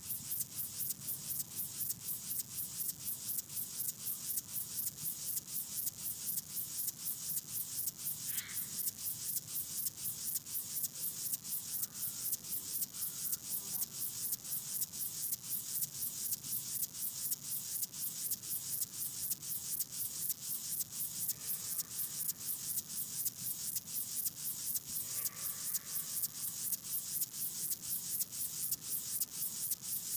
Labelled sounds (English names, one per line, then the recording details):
Upland Field Grasshopper stridulation
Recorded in the wild
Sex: male
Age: imago
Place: Hobrechtsfelder Rieselfelder, Barnim, Brandenburg, DE
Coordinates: 52.6692, 13.48
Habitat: meadow
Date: 2012-09-02 17:23
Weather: 20°C, cloudy, almost windless
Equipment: Sound Devices 702, Sennheiser MKH 415 T, Rhode Windschutz
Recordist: Frommolt, Karl-Heinz